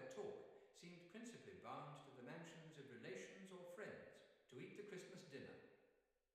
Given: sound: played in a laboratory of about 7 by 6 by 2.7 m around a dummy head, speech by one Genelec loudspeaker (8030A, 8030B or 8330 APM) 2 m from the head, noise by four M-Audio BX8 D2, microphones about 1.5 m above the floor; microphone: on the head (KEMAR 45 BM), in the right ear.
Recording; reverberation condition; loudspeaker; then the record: male speech in English; high; 120 degrees to the right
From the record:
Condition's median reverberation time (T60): about 1300 ms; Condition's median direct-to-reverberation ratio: about -4.0 dB